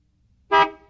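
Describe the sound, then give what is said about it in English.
A single short car horn honk sounds alone after a moment of silence: a bright, buzzy tone that blares loudly, then fades over a fraction of a second. “Is this a plane, too? No, it's not. It's a car.”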